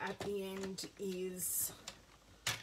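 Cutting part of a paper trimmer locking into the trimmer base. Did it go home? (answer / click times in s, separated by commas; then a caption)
yes / 2.5 s. A cutting part of a paper trimmer, probably the blade or cutting rail at the end lip, is fitted into the plastic trimmer base while someone talks. A sharp click comes at 2.5 s as the part locks into the base.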